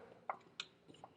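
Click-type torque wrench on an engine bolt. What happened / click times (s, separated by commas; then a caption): The torque wrench clicked at its set torque / 0.3 s, 0.6 s. A click-type torque wrench tightens a bolt on the cold engine of a 1985 Honda ATC250ES Big Red toward about 11 foot-pounds, cold so the threads won't strip. Two sharp clicks sound at 0.3 s and 0.6 s, followed by fainter ticks near the end. The bolt is as tight as it needs to be.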